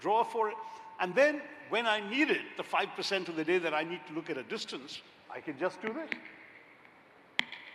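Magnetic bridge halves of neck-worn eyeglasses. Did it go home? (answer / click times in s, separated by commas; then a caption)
yes / 7.4 s. A man talks, then joins the two halves of the reading glasses he wears around his neck at the bridge, where two magnets meet. A sharp click at 7.4 seconds marks the halves seating together.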